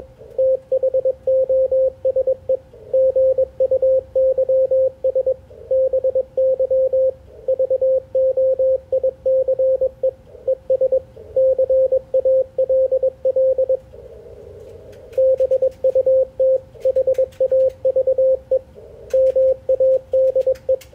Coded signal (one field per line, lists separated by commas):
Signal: Morse code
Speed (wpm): 21 wpm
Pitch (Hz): 520 Hz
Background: radio noise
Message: THOSE GUYS BY VOICE ES CALL BUT HAVE MADE